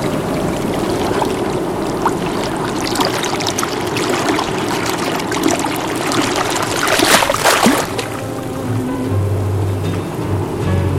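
Sea waves wash against a rocky part of the coast at La Paloma, Rocha, in a steady, hissing churn of water, swelling into one louder crashing surge partway through before settling back. No voices are heard.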